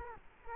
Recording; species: mosquito wingbeat signal from an infrared sensor; Culex quinquefasciatus